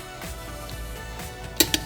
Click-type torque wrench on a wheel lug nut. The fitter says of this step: click 76 pound star pattern opposite all the way to here